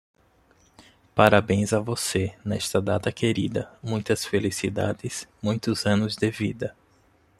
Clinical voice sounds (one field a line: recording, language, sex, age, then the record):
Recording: short text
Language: Brazilian Portuguese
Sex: male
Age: 30 to 39 years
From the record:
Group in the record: control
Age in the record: 36 years